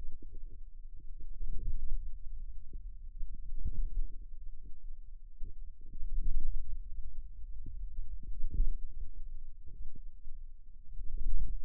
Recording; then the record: forearm muscle sounds (acoustic myography)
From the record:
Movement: hand closing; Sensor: system 2, bracelet of six BSWA MPA416 microphones around the upper forearm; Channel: 1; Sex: female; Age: 22 years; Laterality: right